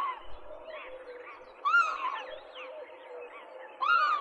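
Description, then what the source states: Northern Lapwing calls, several arched, slurred wheezy notes rising then falling, overlapping from more than one bird, over a steady low droning chorus. Several lapwings calling as they swoop in flight at an approaching person.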